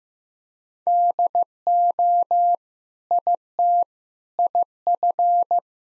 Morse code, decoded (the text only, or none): DO IT IF